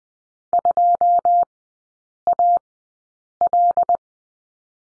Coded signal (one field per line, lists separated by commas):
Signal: Morse code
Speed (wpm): 20 wpm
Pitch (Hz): 700 Hz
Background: none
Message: 2AL